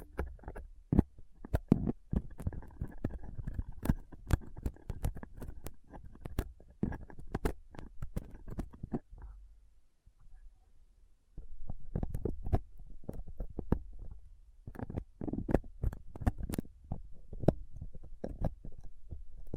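Rough scratching and clicking of tools like a dental pick, tweezers and cotton swab on a mic, dense taps, pausing briefly around ten seconds.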